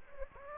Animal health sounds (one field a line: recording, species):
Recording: mosquito wingbeat signal from an infrared sensor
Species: Anopheles gambiae